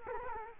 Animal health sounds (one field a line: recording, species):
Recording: mosquito wingbeat signal from an infrared sensor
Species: Culex quinquefasciatus